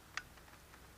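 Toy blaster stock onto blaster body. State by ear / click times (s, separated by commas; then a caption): seated / 0.2 s. An extended plastic Nerf Modulus StockShot toy stock is pushed onto a toy blaster body and gives one sharp, bright click at 0.2 s as it locks into place. After the click there is only a low, steady background hiss. The stock is seated and locked.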